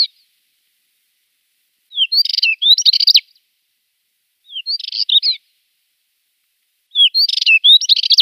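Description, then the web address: Spectacled warbler singing brief scratchy, twittering phrases in a few bursts separated by short silences; background quiet. "Schulze Peter Spectacled Warbler song"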